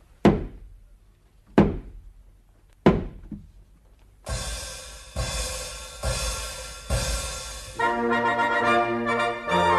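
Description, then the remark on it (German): A person runs against a wooden door for the third time: three heavy, booming thuds about a second apart, followed by a louder, dense noisy clatter that keeps surging in regular pulses and ends in a ringing, tonal wash. “Weil wir Vater und Mutter nicht heiraten können, muss ich zum dritten Mal gegen die Tür anrennen.”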